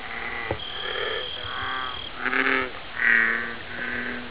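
American bullfrog calls, several short croaking notes with stacked low and mid harmonics, plus a thin high tone in the background for part.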